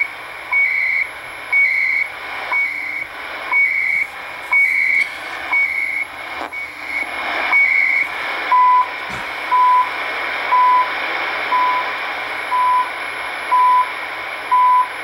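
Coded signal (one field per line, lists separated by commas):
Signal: radio time signal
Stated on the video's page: CHU time signal station, transmitters near Ottawa, Canada, on shortwave 3330, 7850 and 14670 kHz.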